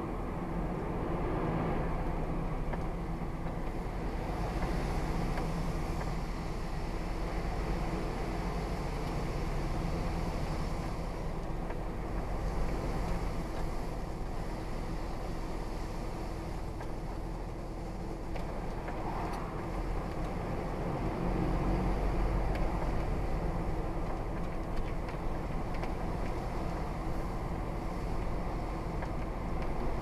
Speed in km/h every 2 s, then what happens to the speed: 19, 23, 23, 27, 29, 32, 29, 27, 27, 29, 31, 32, 34, 34, 35.
0-10 speeds up to 32. 10-17 steady at about 27. 17-23 speeds up to 34. 23-30 steady at about 34.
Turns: none.